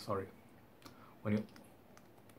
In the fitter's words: it it's it's not really secure that's what I'm trying to say